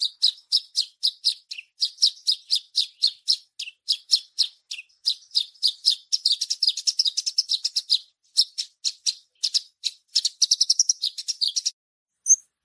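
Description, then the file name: Bush lark song: a long series of high chirps that grows faster and denser in the second half, with brief pauses, ending with a short final note. Javan bush lark (branjangan) song described with the Indonesian word gacor. "suara branjangan gacor"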